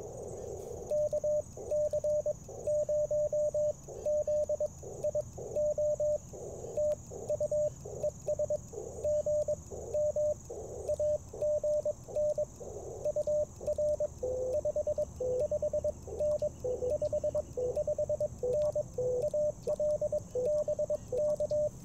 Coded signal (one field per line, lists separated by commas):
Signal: Morse code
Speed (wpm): 21 wpm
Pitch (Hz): 600 Hz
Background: radio noise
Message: KC0ZIO TU ES GM AGN UR 55N 55N AL BK